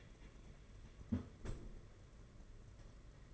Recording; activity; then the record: daily activity, microphone in the room; close fridge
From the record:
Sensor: 4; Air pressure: 992.7 hPa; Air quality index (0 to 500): 167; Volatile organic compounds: 225 ppm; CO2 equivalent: 4291 ppm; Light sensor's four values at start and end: 19/66/24/25 and 19/67/25/25